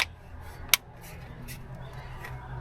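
A plastic dashboard air vent on a 2020+ Ford Explorer, during an 8" to 10.1" screen upgrade, is pushed onto its clips in the dash trim opening. A single loud, sharp snap rings out at 0.7 s over a quiet low background hum. The vent seats into place.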